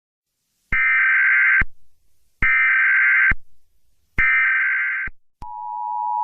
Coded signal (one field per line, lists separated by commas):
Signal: Emergency Alert System (SAME) tones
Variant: header bursts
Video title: EAS